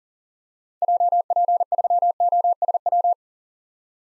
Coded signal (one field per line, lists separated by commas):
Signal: Morse code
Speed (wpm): 40 wpm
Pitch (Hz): 700 Hz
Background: none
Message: JP3OSW